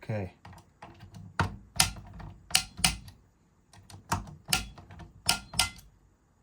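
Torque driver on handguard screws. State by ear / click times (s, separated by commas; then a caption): torque reached / 1.8 s, 2.6 s, 2.9 s, 4.5 s, 5.3 s, 5.6 s. A torque driver set to 20 inch-pounds is worked around the handguard screws, and someone briefly talks at the start. Sharp clicks ring out at 1.8, 2.6, 2.9, 4.5, 5.3 and 5.6 seconds, with softer ratcheting sounds in between. The driver clicks repeatedly, confirming the torque; the screws still turn slightly, which is fine because they don't need more than 20 inch-pounds.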